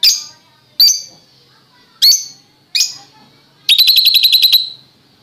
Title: Kicau Kacer